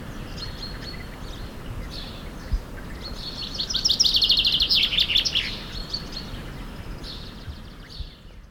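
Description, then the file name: Common chaffinch singing one bright, rapid trilled phrase that tumbles downward, with soft scattered chirps before and after over background hiss. "Fringilla coelebs"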